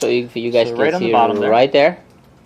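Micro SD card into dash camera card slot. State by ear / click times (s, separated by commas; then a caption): not seated / none. Someone talks while the included 16 GB micro SD card is handled at the dash camera's card slot in the bottom right corner. No clicks are heard, and nothing has seated or clicked yet.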